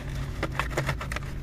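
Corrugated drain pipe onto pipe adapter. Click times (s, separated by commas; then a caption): 0.6 s, 1.1 s. A piece of corrugated plastic drain pipe is pushed onto a pipe adapter and snaps on. Sharp clicks are heard at 0.6 and 1.1 seconds over a steady low hum, and the pipe is seated on the adapter.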